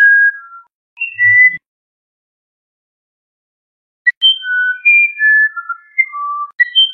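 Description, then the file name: Musician wren song: a few clear whistles, a two-and-a-half-second pause, then a quick sequence of flute-like notes stepping up and down in pitch. "canto do uirapuru verdadeiro"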